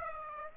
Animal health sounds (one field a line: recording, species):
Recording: mosquito wingbeat signal from an infrared sensor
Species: Aedes aegypti